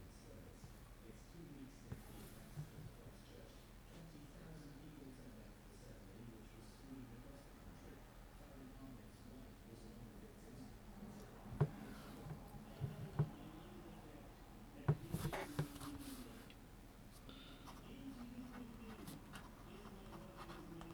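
Low radio voices murmur steadily in the background, with a few sharp clicks of typing around twelve and fifteen seconds.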